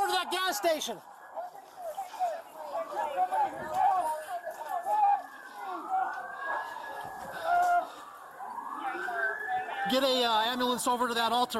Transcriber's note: sirens